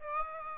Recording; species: mosquito wingbeat signal from an infrared sensor; Aedes aegypti